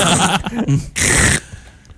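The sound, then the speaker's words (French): A plastic lid is pried off a steaming aluminium container of poutine: loud crinkling and scraping, a short tearing burst, then a second harsh rip as it comes free, fading to quiet. “c'est un contenant, évidemment, en aluminium avec un couvercle en plastique”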